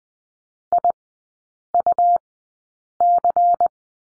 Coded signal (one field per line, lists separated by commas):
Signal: Morse code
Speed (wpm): 20 wpm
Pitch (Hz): 700 Hz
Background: none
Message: IUC